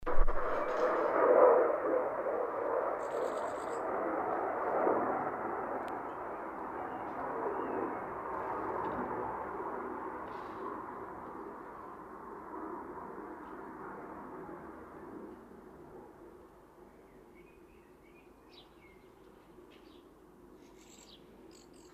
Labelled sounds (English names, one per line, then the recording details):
Great Tit begging call
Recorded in the wild
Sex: female
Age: adult
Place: Kaiserslautern, Rheinland-Pfalz, DE
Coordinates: 49.4247, 7.77889
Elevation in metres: 279
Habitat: garden
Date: 1977-05-15
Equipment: Nagra IV, Sennheiser MKH 405, Parabolreflektor
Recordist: Tretzel, Erwin